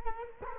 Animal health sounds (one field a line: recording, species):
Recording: mosquito wingbeat signal from an infrared sensor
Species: Culex quinquefasciatus